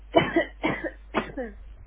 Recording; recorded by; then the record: voluntary cough; telephone call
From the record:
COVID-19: positive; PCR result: self-reported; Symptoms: yes